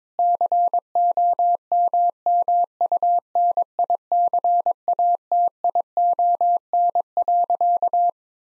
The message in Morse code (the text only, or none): COMMUNICATION.